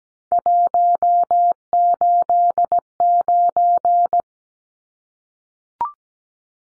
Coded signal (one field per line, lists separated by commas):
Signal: Morse code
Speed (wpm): 17 wpm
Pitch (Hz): 700 Hz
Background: none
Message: 189